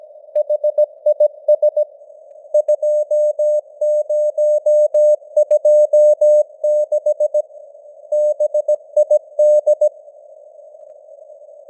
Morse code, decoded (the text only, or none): HIS 2026 BID